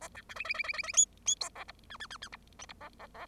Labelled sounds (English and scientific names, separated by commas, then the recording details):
Bengalese Finch (Lonchura striata domestica) song
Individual Bird0